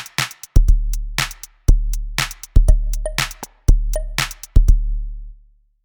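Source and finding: Heartbeat sound effect. Heartbeat.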